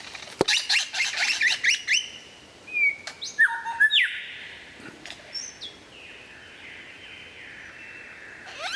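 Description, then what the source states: White-rumped Shama: songbird giving quick chips and short whistles, then a long steady whistled note fading out. Described as the best murai batu of 2014, used for mastering (song training).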